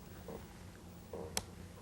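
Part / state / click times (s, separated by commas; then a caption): card slot lock on an electronic machine / released / 1.4 s. The card slot lock on an electronic machine is unlocked before the old placeholder card, which protects the machine from dust, is slid out. A few soft, low handling sounds come first, then a single sharp click at 1.4 s as the lock opens and releases.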